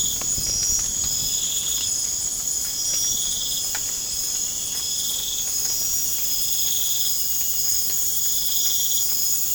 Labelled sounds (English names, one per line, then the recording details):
none
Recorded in pastures near Puerto Asís, Putumayo, Colombia, on 25 June 2025 at 00:30
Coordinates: 0.496, -76.326
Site GP01